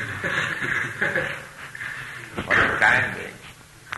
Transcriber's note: laughter